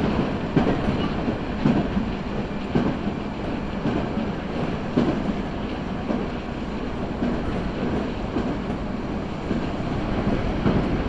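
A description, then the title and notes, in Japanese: A Nankai Line local train rolls steadily with a dense low rumble, punctuated by faint regular clicks from the rails every second or so. 耳で楽しむ鉄道旅 南海電鉄南海線 普通 泉佐野→箱作。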